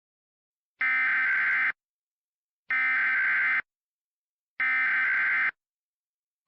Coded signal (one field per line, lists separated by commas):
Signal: Emergency Alert System (SAME) tones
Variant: header bursts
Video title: EAS Scenario - Tap Water Troubles (UNFINISHED/PREVIEW)